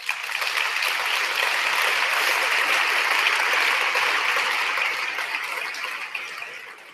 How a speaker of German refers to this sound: Also die Leute, die da gerade geklatscht haben, das ist so die Klientel.